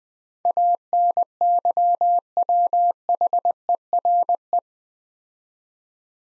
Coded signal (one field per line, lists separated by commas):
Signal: Morse code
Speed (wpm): 20 wpm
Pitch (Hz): 700 Hz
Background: none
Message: ANYWHERE